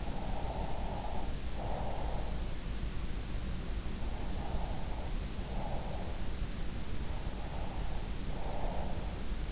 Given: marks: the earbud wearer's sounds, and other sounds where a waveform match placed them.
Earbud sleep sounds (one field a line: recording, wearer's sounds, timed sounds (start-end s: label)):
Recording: sounds in sleep by an in-ear microphone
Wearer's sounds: breath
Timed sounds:
0.00-2.45 s: breath
4.13-6.15 s: breath
7.06-9.11 s: breath